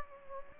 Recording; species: mosquito wingbeat signal from an infrared sensor; Anopheles gambiae